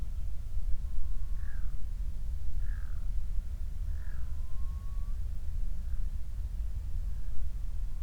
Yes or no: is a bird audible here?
yes